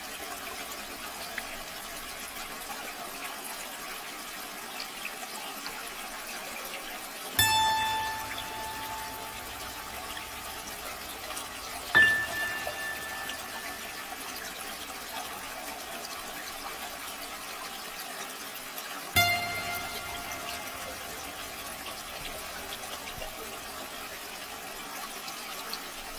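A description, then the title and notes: Running water flows gently and continuously, a soft, even hiss with a little low rumble beneath. Three brief ringing squeals cut in, at about seven, twelve and nineteen seconds, each with a short tonal whine that quickly fades back into the steady flow. Running Water Soft Relaxation Sounds White Noise. The gentle and continuous flow of running water.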